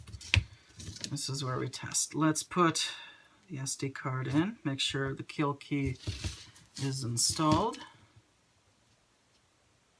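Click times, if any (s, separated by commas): none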